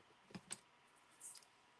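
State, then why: Seated. A cutting die or plate is pressed into place on a manual die-cutting machine, giving two short, sharp clicks at 0.4 s and 0.5 s, followed by a fainter high-pitched rustle around 1.3 s. The part snaps and seats in place, though it is still taped afterward to keep it from moving.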